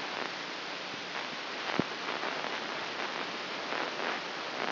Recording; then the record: brain microelectrode recording played as sound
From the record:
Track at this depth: inside the subthalamic nucleus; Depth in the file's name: 6.309 mm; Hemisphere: left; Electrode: 3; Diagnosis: Parkinson's disease